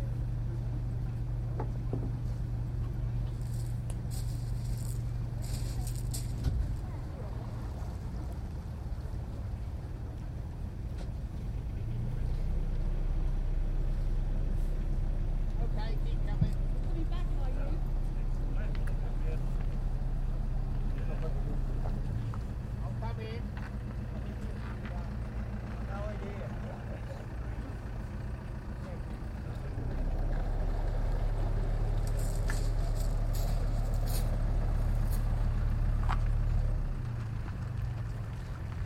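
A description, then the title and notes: Passengers wait by a river crossing for the ferry, with a steady low engine drone throughout that swells louder from about 12 seconds and again near 30 seconds. Chatter comes and goes, with brief bright bursts early on and near the end. Shingle Street in Suffolk, for a New Years Day walk. We made a short detour to Bawdsey and waited for the ferry to return across the River Deben.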